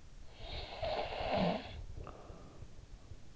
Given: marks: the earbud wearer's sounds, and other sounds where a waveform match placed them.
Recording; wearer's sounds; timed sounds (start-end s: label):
sounds in sleep by an in-ear microphone; snoring breath
0.10-3.16 s: snoring breath